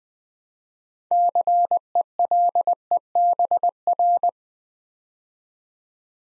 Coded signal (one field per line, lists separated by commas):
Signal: Morse code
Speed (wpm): 20 wpm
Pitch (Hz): 700 Hz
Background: none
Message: CELEBR